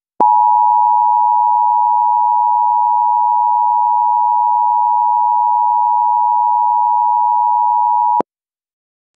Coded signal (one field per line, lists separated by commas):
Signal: Emergency Alert System (SAME) tones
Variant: 853 and 960 Hz attention tone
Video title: EAS Flash Flood Warning Birmingham, AL